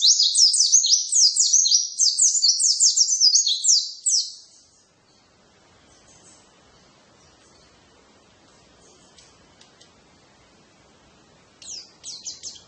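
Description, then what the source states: White-eye song: a fast, thin twittering burst of high descending notes for about four seconds, then near silence, then another brief high burst at the end. Tutor recording (masteran) of a pleci (white-eye), used so that a pleci quickly opens its beak and starts singing.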